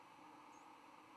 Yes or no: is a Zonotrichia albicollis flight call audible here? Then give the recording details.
no. Another species' flight call is heard. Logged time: 08:11 on 10 November 2014